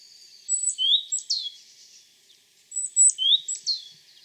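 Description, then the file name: Great tit calls as two matching phrases, each a high thin whistle followed by quick sliding, ringing notes, separated by a short pause. "Parus major"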